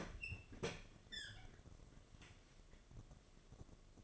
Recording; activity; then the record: daily activity, microphone in the room; open fridge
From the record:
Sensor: 4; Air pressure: 1005.5 hPa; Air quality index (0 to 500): 176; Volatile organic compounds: 5 ppm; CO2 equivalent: 1736 ppm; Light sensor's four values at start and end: 6/12/5/4 and 5/10/4/3